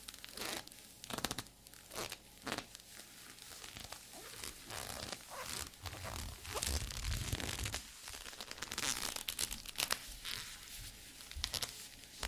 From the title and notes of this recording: TimASMR-ASMR Doing Your Squeaky Leather Requests (NO TALKING).